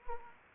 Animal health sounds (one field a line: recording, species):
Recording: mosquito wingbeat signal from an infrared sensor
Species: Anopheles gambiae